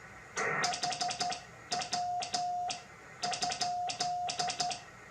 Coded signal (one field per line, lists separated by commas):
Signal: Morse code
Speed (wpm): 12 wpm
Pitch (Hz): 720 Hz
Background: none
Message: HW?